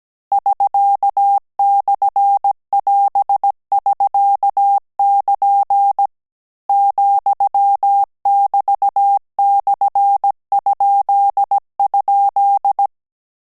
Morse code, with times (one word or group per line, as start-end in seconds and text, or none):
0.3-6.1 <SK>/<AS><SK><KN>
6.7-12.9 ,<BT>/??